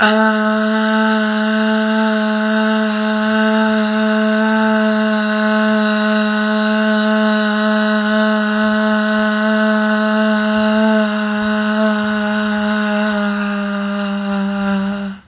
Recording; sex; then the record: sustained vowel /a/; female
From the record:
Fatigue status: no fatigue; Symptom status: symptomatic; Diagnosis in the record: COVID-19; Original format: 3gp